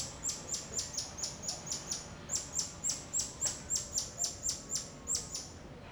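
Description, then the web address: Bird chirps, short high notes repeated rapidly about four times a second in a steady series, with a brief pause midway, over faint background hum. Outdoor ambience in a Rio de Janeiro suburb. "Atmospheres of Rio de Janeiro AMB External Rio Subburb Birds Dogs Monkeys. Monte Sound"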